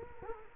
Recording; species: mosquito wingbeat signal from an infrared sensor; Culex quinquefasciatus